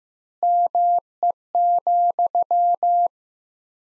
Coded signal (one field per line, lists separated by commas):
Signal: Morse code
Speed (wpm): 15 wpm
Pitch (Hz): 700 Hz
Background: none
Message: ME,